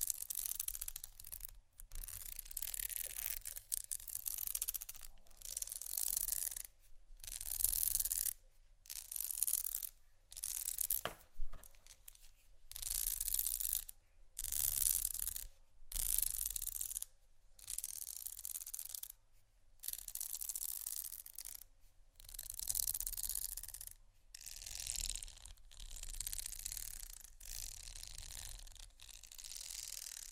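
Bumpy items are scratched in a steady series of rough, hissy strokes, each lasting about a second with brief silent gaps between. The scraping is bright and gritty with a faint ratcheting texture, and the rhythm stays fairly even for the full thirty seconds.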